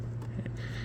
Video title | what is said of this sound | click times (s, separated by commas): Northstar Alternator Replacement | and then there's a position ass Assurance clip that goes straight over it and clicks into place | 0.5 s